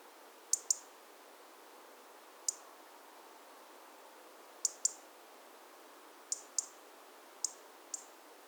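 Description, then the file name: European robin calls, crisp high clicks coming singly or in close pairs at irregular intervals, against faint steady noise. "Erithacus rubecula"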